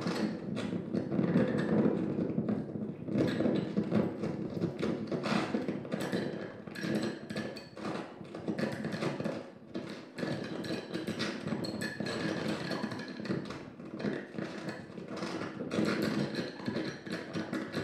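An improvisation on a table top full of junk: a dense, busy clatter of objects being rattled, scraped and knocked without pause for the whole stretch. Sharp taps and metallic clinks cut through a constant jumble of rustling and rubbing, with no steady rhythm.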